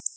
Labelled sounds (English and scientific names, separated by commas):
Black-throated Blue Warbler (Setophaga caerulescens) flight call